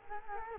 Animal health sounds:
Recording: mosquito wingbeat signal from an infrared sensor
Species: Culex quinquefasciatus

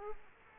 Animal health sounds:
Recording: mosquito wingbeat signal from an infrared sensor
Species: Culex quinquefasciatus

